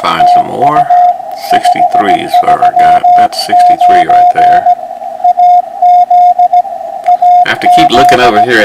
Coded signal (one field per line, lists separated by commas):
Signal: Morse code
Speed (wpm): 16 wpm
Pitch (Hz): 720 Hz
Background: speech, radio noise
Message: TU 539 AZ AZ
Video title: Sunday Morning POTA Hunt - 5-242026